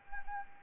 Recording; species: mosquito wingbeat signal from an infrared sensor; Anopheles arabiensis